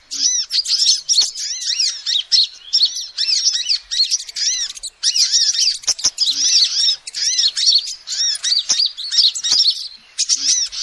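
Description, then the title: Lovebird calls form a near-continuous twitter of piercing high chirps and squeaks, with several crisp clicks. Recording used as a lure to trap birds. "PIKAT BURUNG LOVEBIRD"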